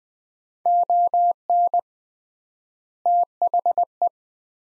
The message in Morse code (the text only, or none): ON THE